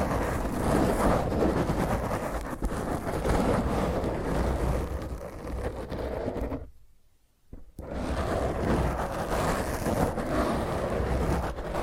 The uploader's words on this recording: ASMR Intense Rough Mic Scratch using HandNails (No Talking).